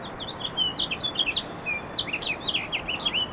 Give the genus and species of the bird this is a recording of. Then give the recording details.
Haemorhous mexicanus. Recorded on Long Island, New York, on 18 April 2012. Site GC. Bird B